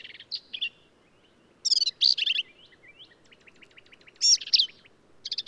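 Black-capped vireo song, loud harsh phrases of varied notes, with softer quick notes filling the gaps between bursts.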